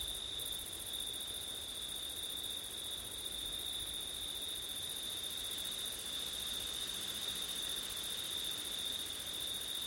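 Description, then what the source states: Crickets in a continuous, steady high trill that holds without pause, with a fainter higher band above. Crickets on a windy September night.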